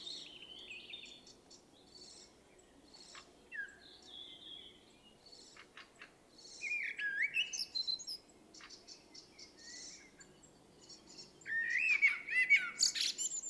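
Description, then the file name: Common blackbird song in scattered bursts: short high chips, a warbled phrase near the middle, and a louder squeaky twittering phrase near the end. "Turdus merula"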